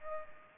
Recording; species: mosquito wingbeat signal from an infrared sensor; Culex pipiens